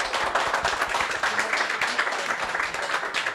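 Steady audience applause at an evening event welcoming a performer, a dense wash of many hands clapping at an even level for a few seconds, with no one speaking over it.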